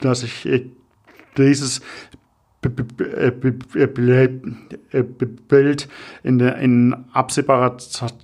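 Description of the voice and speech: A man speaks German in short bursts broken by long silent gaps. Opening sounds are stretched, and a drawn-out 'b' leads into a block of nearly two seconds before 'Bild', followed by a restarted phrase. These prolongations and blocks are typical of stuttering.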